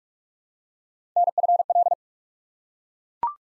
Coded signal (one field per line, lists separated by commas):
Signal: Morse code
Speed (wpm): 44 wpm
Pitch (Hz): 700 Hz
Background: none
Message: NFL